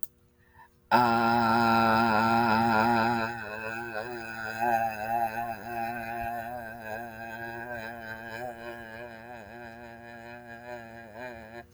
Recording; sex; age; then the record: vowel held as long as possible; female; 60 to 69 years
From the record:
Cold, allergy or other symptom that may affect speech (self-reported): no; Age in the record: 64 years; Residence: Texas, United States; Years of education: 12